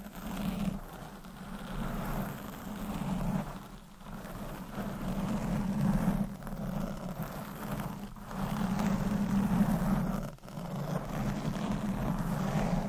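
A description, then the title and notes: Continuous scratching and rubbing with a deep, steady rumble underneath, broken by brief pauses near four, eight and ten seconds. ASMR Scratching , Tapping & Massage with DIFFERENT Mics , Items & Nails No Talking.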